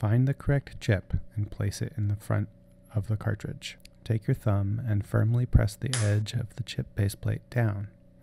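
Someone talks while a plastic chip base plate is placed on the front of a refillable ink cartridge for SureColor P6000, P7000, P8000 and P9000 printers, and a thumb begins firmly pressing the edge of the plate down. The plate has not snapped or locked into place yet.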